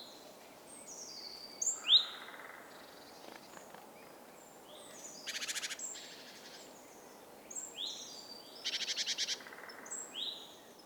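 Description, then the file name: Great tit calling: two rasping buzzy churrs alongside scattered thin, downslurred high notes, fairly quiet against constant low background noise. "Parus major"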